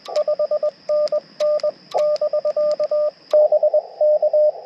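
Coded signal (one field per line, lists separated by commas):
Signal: Morse code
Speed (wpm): 20 wpm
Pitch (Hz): 590 Hz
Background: radio noise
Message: 5NN <BK> BK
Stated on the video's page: CW Parks on the Air activation with a Yaesu FT-891 and a Chameleon MPAS Lite antenna.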